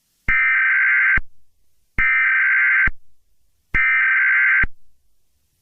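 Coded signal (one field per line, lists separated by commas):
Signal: Emergency Alert System (SAME) tones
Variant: header bursts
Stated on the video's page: Fictional EAS scenario, simulated alert.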